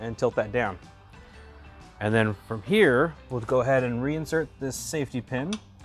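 On a Yakima OnRamp hitch-mounted bike carrier, the bike platform has been tilted down and the tethered metal safety pin is being handled for reinsertion into the hitch rack base while someone talks. The pin has not seated or clicked into place yet by the end of the clip.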